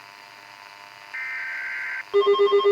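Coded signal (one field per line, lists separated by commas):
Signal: Emergency Alert System (SAME) tones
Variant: header bursts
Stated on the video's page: Custom mock required weekly test styled after a NOAA Weather Radio station, simulated.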